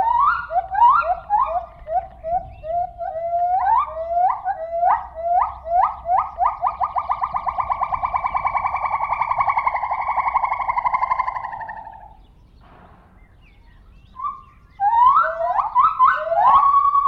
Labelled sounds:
Lar Gibbon

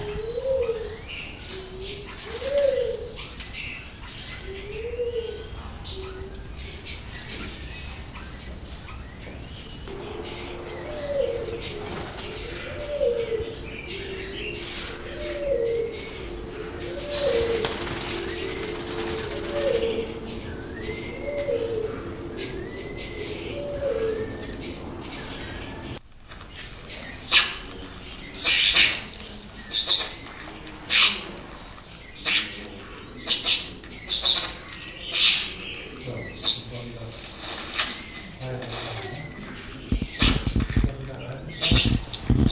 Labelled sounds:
Beautiful Fruit Dove

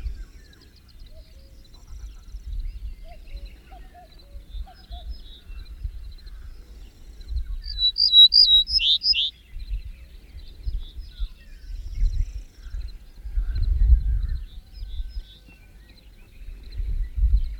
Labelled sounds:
Ortolan Bunting song

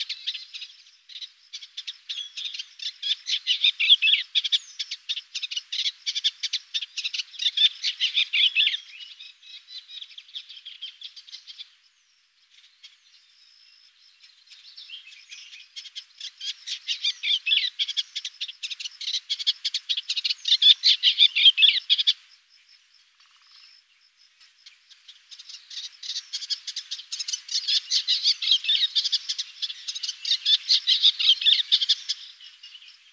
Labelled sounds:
Eastern Olivaceous Warbler song

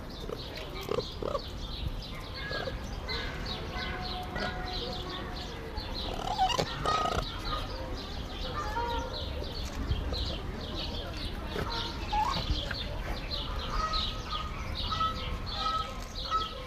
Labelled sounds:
Raccoon call

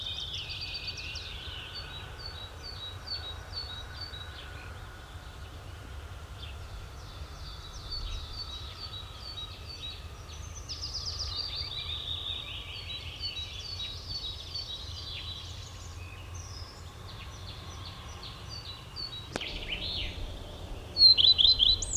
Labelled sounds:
Common Redstart song

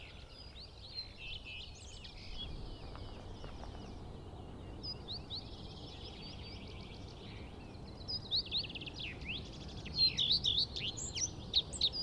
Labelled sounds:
Common Redstart song

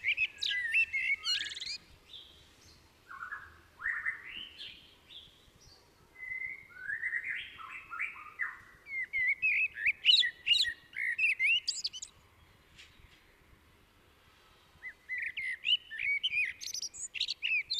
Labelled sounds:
Common Blackbird song

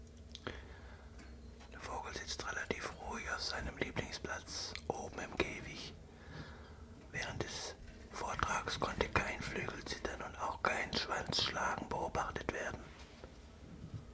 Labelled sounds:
Common Chiffchaff

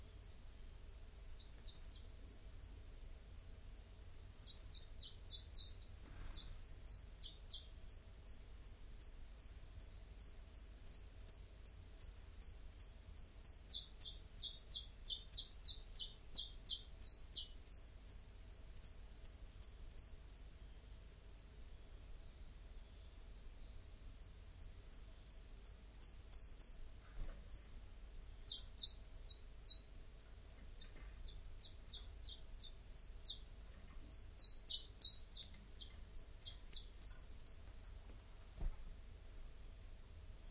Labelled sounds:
Common Chiffchaff song

